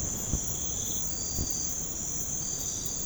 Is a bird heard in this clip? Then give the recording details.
no. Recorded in pastures near Puerto Asís, Putumayo, Colombia, on 21 March 2025 at 03:30. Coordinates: 0.505, -76.324. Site GP08